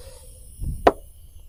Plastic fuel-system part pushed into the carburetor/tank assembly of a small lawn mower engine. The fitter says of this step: So, since we don't have to do anything to that, we just push that down all the way until it clicks